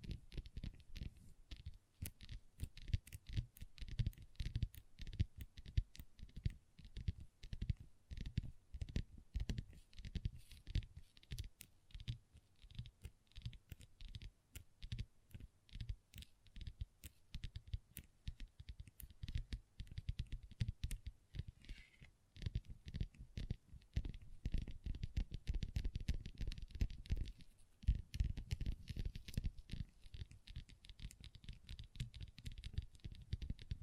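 Long nails tap and scratch on a table in a dense, irregular stream of sharp clicks and soft scrapes, with brief pauses near 22 and 28 seconds.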